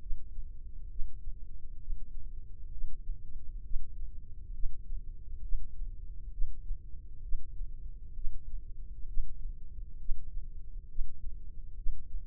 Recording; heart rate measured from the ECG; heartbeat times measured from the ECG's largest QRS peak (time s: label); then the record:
heart sounds by microphone in the left ear; 66 bpm
0.00 s: heartbeat
0.89 s: heartbeat
1.80 s: heartbeat
2.71 s: heartbeat
3.64 s: heartbeat
4.53 s: heartbeat
5.42 s: heartbeat
6.32 s: heartbeat
7.22 s: heartbeat
8.15 s: heartbeat
9.07 s: heartbeat
9.99 s: heartbeat
10.88 s: heartbeat
11.76 s: heartbeat
From the record:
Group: healthy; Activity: Valsalva maneuver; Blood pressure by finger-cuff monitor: 97/61 mmHg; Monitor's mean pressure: 74 mmHg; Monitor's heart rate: 67 bpm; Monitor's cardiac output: 3.6 L/min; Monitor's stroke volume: 54 mL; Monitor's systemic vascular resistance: 1470 dyn s/cm5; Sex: male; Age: 55 years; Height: 167 cm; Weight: 57.2 kg